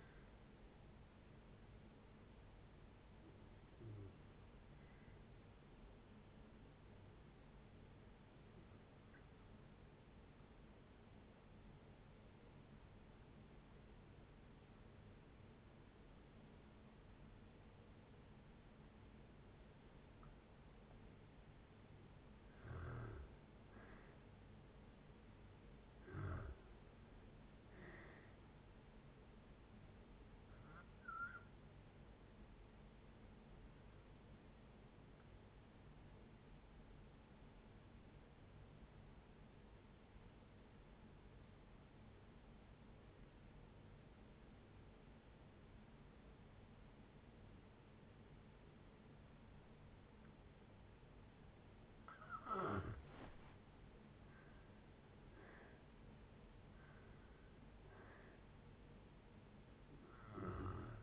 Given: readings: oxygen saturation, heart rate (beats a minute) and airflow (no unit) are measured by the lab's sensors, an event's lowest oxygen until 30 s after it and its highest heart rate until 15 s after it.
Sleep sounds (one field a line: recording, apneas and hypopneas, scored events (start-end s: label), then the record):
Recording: breathing in sleep by a voice recorder at the bedside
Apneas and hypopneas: 2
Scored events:
1.00-31.00 s: new sleep stage, N1 (lightest sleep)
5.00-23.90 s: hypopnea (N1, oxygen 96% highest, then 84% lowest, heart rate 63 at the start, 72 highest)
31.00-61.03 s: new sleep stage, N2 (light sleep)
35.00-54.10 s: obstructive apnea (N2, oxygen 94% highest, then 85% lowest, heart rate 69 at the start, 73 highest)
From the record:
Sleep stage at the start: N2 (light sleep)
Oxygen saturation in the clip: 84 to 96%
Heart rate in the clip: 57 to 73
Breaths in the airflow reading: 8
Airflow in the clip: -7.1 to 11.5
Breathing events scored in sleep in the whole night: 496 in 5.4 hours asleep